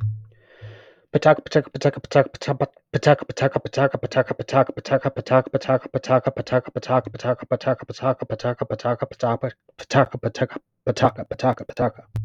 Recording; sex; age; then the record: repeated syllables /pa ta ka/; male; 30 to 39 years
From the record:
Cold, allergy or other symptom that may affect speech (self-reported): no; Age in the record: 38 years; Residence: Georgia, United States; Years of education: 17